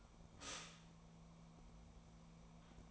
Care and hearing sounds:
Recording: daily activity, microphone in the room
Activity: stop toaster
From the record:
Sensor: 1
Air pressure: 1000.3 hPa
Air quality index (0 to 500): 153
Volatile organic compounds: 3 ppm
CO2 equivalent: 1437 ppm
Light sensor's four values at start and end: 30/75/31/38 and 30/75/31/38

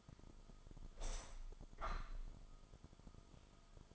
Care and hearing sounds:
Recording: daily activity, microphone in the room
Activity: open window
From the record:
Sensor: 5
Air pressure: 1004.7 hPa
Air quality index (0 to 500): 85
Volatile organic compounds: 2 ppm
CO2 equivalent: 1022 ppm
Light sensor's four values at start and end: 34/80/32/31 and 34/79/32/31

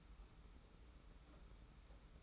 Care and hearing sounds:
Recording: daily activity, microphone in the room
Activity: take from stove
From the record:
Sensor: 1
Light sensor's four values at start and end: 36/115/45/46 and 36/115/45/46

